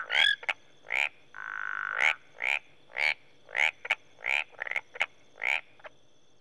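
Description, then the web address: Marsh and tree frogs: a series of harsh pulsed croaks, with one longer droning call and a few sharp clicks. Marsh frogs and tree frogs in Rwanda, Africa. "BBC Sound Effects Library. Rwanda, Marsh And Tree Frogs"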